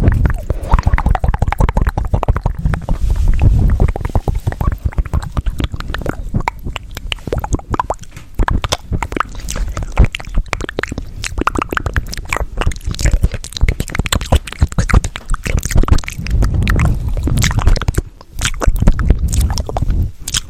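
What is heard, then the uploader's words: Fast, aggressive mouth sounds: dense wet clicks, smacks and chewing-like crunches pile up continuously over a low rumbling undertone throughout. ASMR Fast and Aggressive Mouth Sounds w Visuals.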